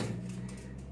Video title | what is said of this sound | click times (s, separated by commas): Frigidaire Stove top oven no spark problem FIXED.for $20.00 | I just pushed my finger in and you hear that snap okay that's it | 0.5 s